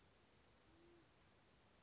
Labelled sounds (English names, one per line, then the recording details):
Band-tailed Pigeon
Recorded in Sonoma County, California